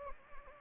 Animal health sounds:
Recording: mosquito wingbeat signal from an infrared sensor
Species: Anopheles gambiae

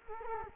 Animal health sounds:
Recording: mosquito wingbeat signal from an infrared sensor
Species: Culex quinquefasciatus

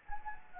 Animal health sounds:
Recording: mosquito wingbeat signal from an infrared sensor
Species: Anopheles gambiae

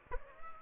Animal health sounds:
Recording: mosquito wingbeat signal from an infrared sensor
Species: Aedes aegypti

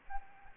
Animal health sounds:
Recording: mosquito wingbeat signal from an infrared sensor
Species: Anopheles arabiensis

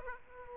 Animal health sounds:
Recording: mosquito wingbeat signal from an infrared sensor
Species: Aedes aegypti

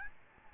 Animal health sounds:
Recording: mosquito wingbeat signal from an infrared sensor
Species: Aedes albopictus

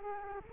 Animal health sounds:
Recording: mosquito wingbeat signal from an infrared sensor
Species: Culex quinquefasciatus

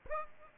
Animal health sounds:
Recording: mosquito wingbeat signal from an infrared sensor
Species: Aedes aegypti

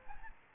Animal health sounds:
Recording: mosquito wingbeat signal from an infrared sensor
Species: Aedes albopictus

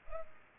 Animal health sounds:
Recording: mosquito wingbeat signal from an infrared sensor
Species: Culex pipiens

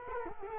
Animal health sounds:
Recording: mosquito wingbeat signal from an infrared sensor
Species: Culex quinquefasciatus

